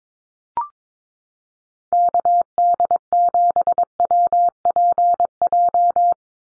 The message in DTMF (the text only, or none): none